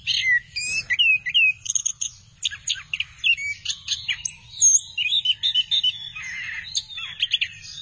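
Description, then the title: Thrush song of bright whistled notes mixed with rapid chirps and twittering trills, delivered in a busy, continuous flow. "burung anis x"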